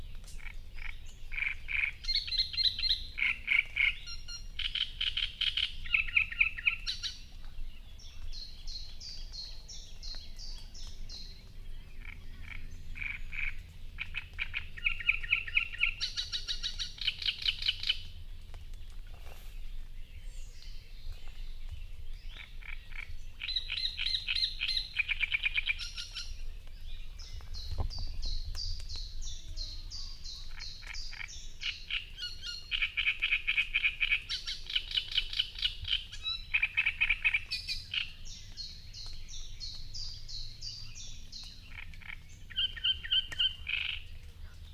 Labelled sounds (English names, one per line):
Great Reed Warbler song